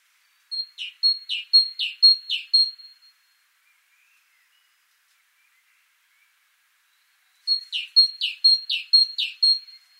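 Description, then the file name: Great tit delivering two runs of quick two-note phrases, pure high note then harsher low note, with a long quiet gap between runs. "Parus major"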